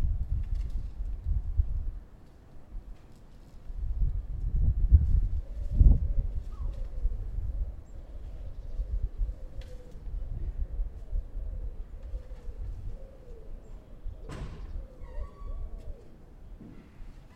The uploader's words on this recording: Cutting down a tree Den Haag. Cutting down a tree in a densely built place; branch by branch, from top to bottom.